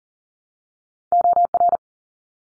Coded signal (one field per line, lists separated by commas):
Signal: Morse code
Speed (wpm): 40 wpm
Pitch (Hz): 700 Hz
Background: none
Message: OR